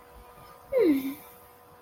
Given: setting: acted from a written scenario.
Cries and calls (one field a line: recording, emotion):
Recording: vocal sound without words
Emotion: serenity